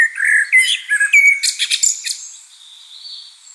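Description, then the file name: Common blackbird song: a low fluted warble followed by a burst of squeaky, high twittering notes that fades out. "Turdus merula"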